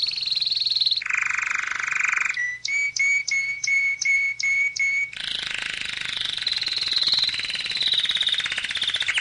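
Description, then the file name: Canary song in distinct phrases: a buzzy rattle, a lower roll, then a clear whistled note repeated several times at a steady pace, ending in a long wavering trill. "Canary Voice"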